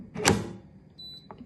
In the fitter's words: ഒരു ലോക്ക് ആയി ഇനി നമുക്ക് ഇതെങ്ങനെ സെറ്റ് ചെയ്യുന്നത് എന്ന് നോക്കാം